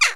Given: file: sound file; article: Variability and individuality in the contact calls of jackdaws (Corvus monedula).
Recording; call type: jackdaw call; harmonic